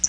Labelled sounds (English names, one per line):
Hooded Warbler flight call